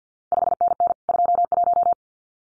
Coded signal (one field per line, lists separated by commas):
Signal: Morse code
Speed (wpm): 50 wpm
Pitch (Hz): 700 Hz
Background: none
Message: 5NN 21